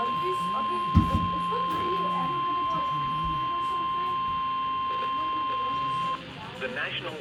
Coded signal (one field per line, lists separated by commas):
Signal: Emergency Alert System (SAME) tones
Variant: 1050 Hz attention tone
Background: speech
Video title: I [EAS #108]